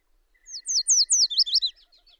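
Bird song: a short burst of loud, slurred, downward-sweeping high notes, with a faint steady lower trill running beneath.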